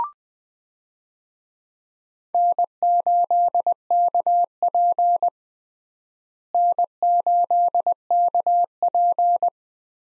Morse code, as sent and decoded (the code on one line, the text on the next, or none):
-. ---.. -.- .--. / -. ---.. -.- .--.
N8KP N8KP